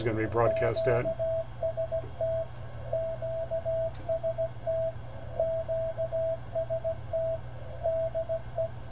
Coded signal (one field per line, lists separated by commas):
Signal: Morse code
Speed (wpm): 17 wpm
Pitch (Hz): 660 Hz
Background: speech, radio noise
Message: QST QST QST DE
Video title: ARRL November 2014 Frequency Measurement Test with SDR